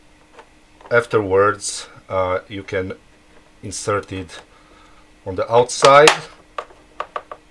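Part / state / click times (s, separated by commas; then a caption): plastic casing clip on coffee machine housing / released / 6.6 s, 7.0 s, 7.2 s, 7.3 s. A spudger is inserted on the outside of a Philips Senseo coffee machine's casing and levered, and the plastic casing clip on the housing clicks off. Someone talks through most of the clip. Then short, sharp clicks come at 6.6, 7.0, 7.2 and 7.3 seconds as the outer casing clip releases.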